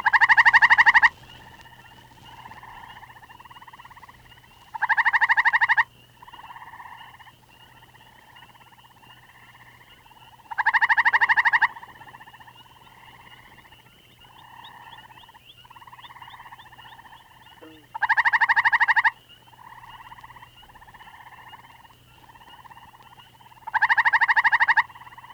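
On a warm evening, a common tree toad gives five loud, buzzy trills, each about a second long and spaced several seconds apart, rising over a softer, steady chorus of higher trilling calls and a faint low hum.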